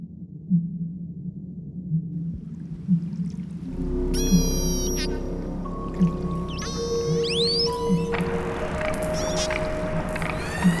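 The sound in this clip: Whale sounds: a quiet start with low thumps, then rapid buzzing click trains, upswept squeals and long flat whistles over a droning background.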